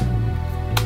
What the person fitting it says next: clicks right into place there